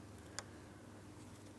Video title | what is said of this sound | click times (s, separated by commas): How to Replace Radiator 2004-2008 Pontiac Grand Prix 3.8L V6 | An audible click and a light tug. | 0.4 s